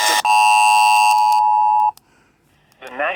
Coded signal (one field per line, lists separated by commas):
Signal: Emergency Alert System (SAME) tones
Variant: 853 and 960 Hz attention tone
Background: speech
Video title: DARN YOU BERYL.... EAS Alerts from 7/9/2024